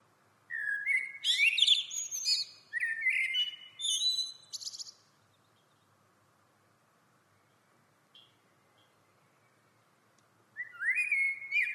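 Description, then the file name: Common blackbird singing: fluted phrases with high twittery flourishes over the first few seconds, a long quiet gap, then a fresh whistled phrase begins. "Turdus merula"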